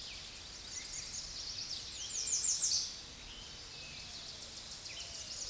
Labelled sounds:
American Redstart (Setophaga ruticilla) song
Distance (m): 5 m
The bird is about 5 m above the microphone
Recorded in a Pennsylvania forest on 16 May 2024 at 06:09
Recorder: AudioMoth, point MSD-0526
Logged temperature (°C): 16.6 °C
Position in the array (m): 105 m, 230 m

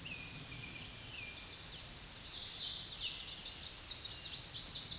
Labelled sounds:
Hooded Warbler (Setophaga citrina) song
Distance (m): 25 m
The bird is about 5 m above the microphone
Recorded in a Pennsylvania forest on 16 May 2024 at 07:23
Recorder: AudioMoth, point MSD-1482
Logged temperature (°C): 15.6 °C
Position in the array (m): 162 m, 118 m

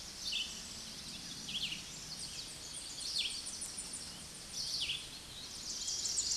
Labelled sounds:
Tennessee Warbler (Leiothlypis peregrina) song
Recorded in a Pennsylvania forest on 16 May 2024 at 08:51
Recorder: AudioMoth, point MSD-1360
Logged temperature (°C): 14.8 °C
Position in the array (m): 164 m, 185 m

